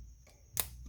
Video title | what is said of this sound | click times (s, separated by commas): AMT Ford c900 Part 16. Tom Cline, Do You Think this Would Work? | so it just snapped right in took a lot of force | 0.6 s